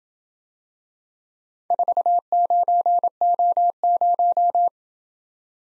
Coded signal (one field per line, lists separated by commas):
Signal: Morse code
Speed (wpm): 27 wpm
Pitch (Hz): 700 Hz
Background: none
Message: 49O0